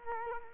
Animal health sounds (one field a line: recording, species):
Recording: mosquito wingbeat signal from an infrared sensor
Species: Culex quinquefasciatus